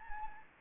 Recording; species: mosquito wingbeat signal from an infrared sensor; Anopheles gambiae